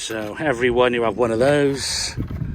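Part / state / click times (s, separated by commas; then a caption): drainage channel fitting onto channel section / not seated / none. Someone talks while handling a patio drainage channel fitting that is about to be pushed onto its mating channel section, followed by brief hiss and light handling noises near the end. The fitting has not yet seated or clicked into place.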